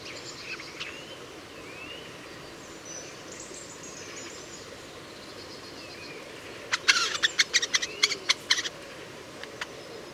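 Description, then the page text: Eurasian jay song: faint rising whistles, then a burst of rapid dry clicks and crackling notes late, over steady background hiss. Two birds singing, near Leipzig, Germany, March 2009. "March 2009 Two singing Eurasian Jays Garrulus glandarius, recorded in the vicinity. Eurasian Jay Garrulus glandarius, Leipzig, Germany"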